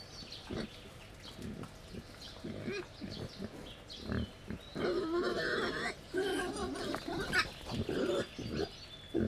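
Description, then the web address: Wild boar giving irregular grunts and nasal, squealing calls that grow louder and busier in the second half. Wild boar at a laid-out feeding table, Jászberény Zoo, 1 May 2015. "allathangok jaszberenyizoo 2015 professzionalis vaddiszno teritettasztal c 05 01"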